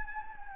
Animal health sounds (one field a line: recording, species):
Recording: mosquito wingbeat signal from an infrared sensor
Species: Anopheles gambiae